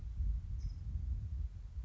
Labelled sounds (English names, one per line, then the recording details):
California Towhee
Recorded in Sonoma County, California